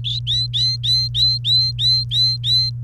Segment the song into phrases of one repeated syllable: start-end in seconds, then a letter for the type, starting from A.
0.04-2.70 A